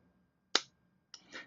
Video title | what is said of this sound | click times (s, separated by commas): Visconti Van Gogh Starry Night Fountain Pen Review | clicks on and doesn't come off anyways | 0.6 s